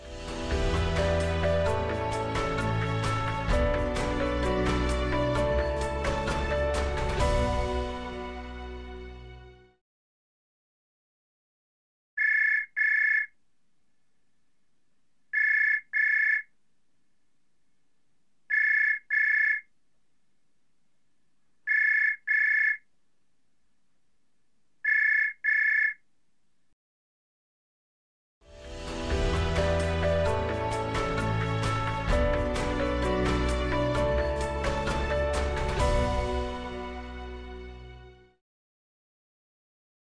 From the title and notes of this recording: 電話鈴聲音效. Telephone Ringing Sound Effect.